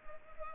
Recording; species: mosquito wingbeat signal from an infrared sensor; Culex pipiens